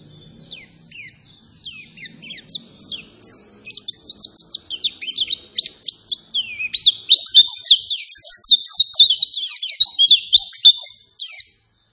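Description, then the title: White-eye song, a steady stream of quick high chips that grows into a louder, denser twittering run before stopping abruptly. Energetic, insistent white-eye song used as a lure to make other white-eyes respond and answer. "Pleci Gacor. Apapun plecinya AKAN LANGSUNG MERESPON dan NYAUT dengan pancingan pleci ngotot ini"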